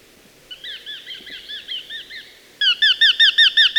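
Eurasian hobby calls: a faint, even string of notes, then a much louder rapid series of repeated sharp notes.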